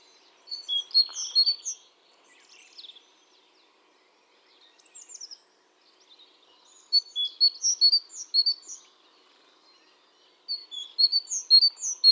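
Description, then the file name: Great tit calls: three bursts of short, high chirping notes, separated by quieter pauses with a few soft notes. "Parus major"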